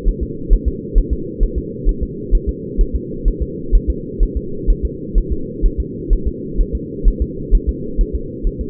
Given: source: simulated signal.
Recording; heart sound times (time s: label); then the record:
fetal heart sounds
0.08 s: S1
0.23 s: S2
0.53 s: S1
0.68 s: S2
0.98 s: S1
1.13 s: S2
1.43 s: S1
1.58 s: S2
1.89 s: S1
2.03 s: S2
2.35 s: S1
2.49 s: S2
2.81 s: S1
2.95 s: S2
3.28 s: S1
3.42 s: S2
3.75 s: S1
3.90 s: S2
4.23 s: S1
4.37 s: S2
4.70 s: S1
4.85 s: S2
5.18 s: S1
5.32 s: S2
5.66 s: S1
5.80 s: S2
6.13 s: S1
6.28 s: S2
6.61 s: S1
6.75 s: S2
7.08 s: S1
7.22 s: S2
7.55 s: S1
7.69 s: S2
8.01 s: S1
8.15 s: S2
8.47 s: S1
8.61 s: S2
From the record:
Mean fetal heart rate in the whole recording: 130 bpm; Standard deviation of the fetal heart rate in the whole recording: 2 bpm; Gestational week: 38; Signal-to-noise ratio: -4.3 dB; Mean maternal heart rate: 72 bpm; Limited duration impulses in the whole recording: absent